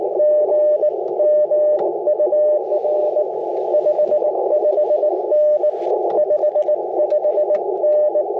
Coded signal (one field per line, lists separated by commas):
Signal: Morse code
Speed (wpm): 20 wpm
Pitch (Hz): 600 Hz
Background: radio noise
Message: GM UR 55N 55N